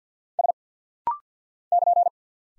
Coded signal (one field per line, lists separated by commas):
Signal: Morse code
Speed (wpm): 50 wpm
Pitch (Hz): 700 Hz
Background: none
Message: S <KN>